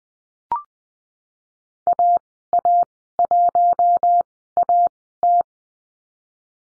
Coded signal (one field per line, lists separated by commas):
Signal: Morse code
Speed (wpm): 20 wpm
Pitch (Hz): 700 Hz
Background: none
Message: AA1AT